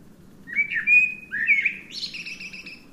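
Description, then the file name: Eurasian blackbird song phrase: fluty whistled notes near mid pitch, a rising slurred note, then a higher buzzy twittering ending, over low steady background hum. "Turdus merula"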